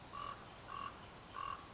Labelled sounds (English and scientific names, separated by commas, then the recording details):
Common Raven (Corvus corax)
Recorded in Sonoma County, California